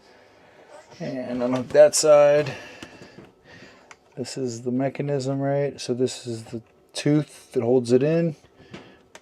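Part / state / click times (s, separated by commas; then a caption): drawer slide latch on a cabinet drawer / released / 9.1 s. A drawer slide latch on a cabinet drawer in an RV is unhooked while someone talks and points out the tooth on the locking latch that holds the drawer in. A sharp click sounds at 9.2 seconds as the latch releases and the drawer comes free from its slide.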